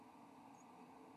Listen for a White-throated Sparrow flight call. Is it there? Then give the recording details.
no. Another species' flight call is heard. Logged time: 01:46 on 7 November 2014